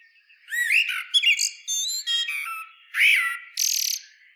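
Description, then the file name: Common blackbird singing: whistled phrases mixed with thin high squeaks and a scratchy buzzy note near the end. "Turdus merula"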